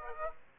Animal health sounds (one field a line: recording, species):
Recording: mosquito wingbeat signal from an infrared sensor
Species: Aedes aegypti